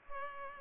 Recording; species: mosquito wingbeat signal from an infrared sensor; Culex pipiens